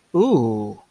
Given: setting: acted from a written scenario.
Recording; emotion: vocal sound without words; romantic love